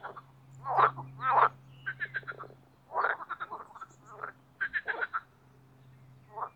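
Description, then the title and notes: Marsh frog calls, a few separate croaks and short pulsed bursts with pauses between, over a steady low hum. Marsh frogs (Pelophylax ridibundus) in a spring mating chorus in an artificial boating pond, Parc Chédeville, Oise, after a cold night. "au Parc Chédeville dans l'Oise. des grenouilles rieuses"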